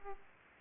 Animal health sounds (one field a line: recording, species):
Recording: mosquito wingbeat signal from an infrared sensor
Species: Aedes aegypti